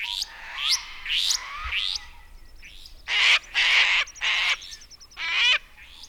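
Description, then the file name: Restless flycatcher giving buzzy rising notes, then louder harsh rasping sounds with a thin ticking running above them. "Myiagra Inquieta"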